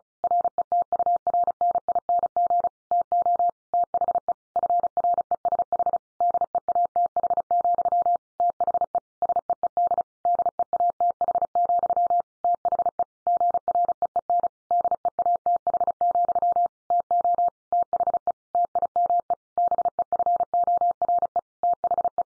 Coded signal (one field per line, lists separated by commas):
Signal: Morse code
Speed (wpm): 34 wpm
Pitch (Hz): 700 Hz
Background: none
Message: RETURNING TO THE FRESH DEATH, THE SEED DEATH, THE GREEN DEATH, TO THE TIME BEFORE THE